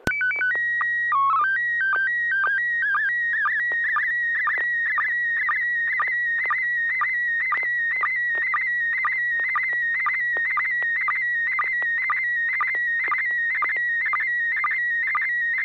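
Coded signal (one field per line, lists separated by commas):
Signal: SSTV (slow-scan television)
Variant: PD 120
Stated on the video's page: Weekly amateur SSTV net on a 441.300 MHz FM repeater, images exchanged using MMSSTV software.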